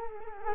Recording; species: mosquito wingbeat signal from an infrared sensor; Culex quinquefasciatus